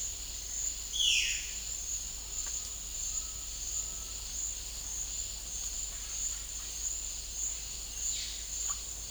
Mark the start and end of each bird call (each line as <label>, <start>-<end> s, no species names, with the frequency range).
bird call (1.8-11.4 kHz), 0.87-1.30 s